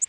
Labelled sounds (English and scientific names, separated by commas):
Orange-crowned Warbler (Leiothlypis celata) flight call